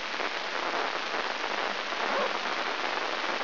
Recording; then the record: brain microelectrode recording played as sound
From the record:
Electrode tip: inside the subthalamic nucleus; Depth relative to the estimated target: -1.5 mm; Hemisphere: left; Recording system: AlphaMap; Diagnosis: Parkinson's disease